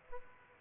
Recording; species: mosquito wingbeat signal from an infrared sensor; Aedes aegypti